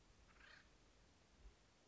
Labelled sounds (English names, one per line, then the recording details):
Acorn Woodpecker
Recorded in Sonoma County, California